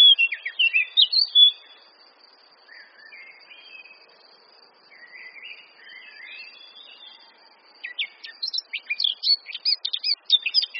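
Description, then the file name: Eurasian blackcap: a loud fluty phrase, then several seconds of quiet, rambling warble, then another loud burst of rapid whistled notes. "Sylvia atricapilla"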